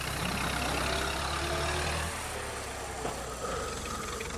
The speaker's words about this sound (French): Puis il remonte dans sa voiture qui démarre rapidement.